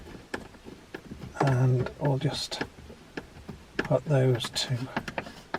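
Plastic display housing parts are handled around a BMW iDrive display screen surround after the screen has been refitted with its T15 screws. Someone talks while brief sharp ticks of handling are heard at about 0.3, 1.0, 3.2, 3.8 and 5.6 seconds. Nothing has seated or clicked yet; the housing clips have not snapped home by the end.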